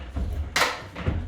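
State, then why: Seated. A wardrobe drawer box is pushed onto its concealed runners until the locking clips engage, with a sharp broadband click at 0.6 s and a softer second burst near 1.0 s. The drawer is seated on its runners.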